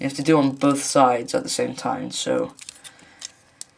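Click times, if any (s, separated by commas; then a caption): 3.2 s, 3.6 s. Someone talks for the first 2.5 seconds while plastic pegs on both sides of a transforming plastic action figure (a Transformers Prime Deluxe Wheeljack) are lined up and pushed into their slots at the same time. Short, sharp clicks follow at 3.3 s and 3.6 s as the pegs pop into place easily and seat.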